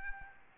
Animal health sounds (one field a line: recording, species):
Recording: mosquito wingbeat signal from an infrared sensor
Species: Aedes albopictus